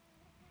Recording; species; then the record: mosquito flight sound by mobile phone; Aedes sierrensis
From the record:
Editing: cut to the mosquito's sound